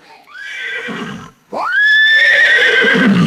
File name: scissors snipping pony tail with neighs and chatter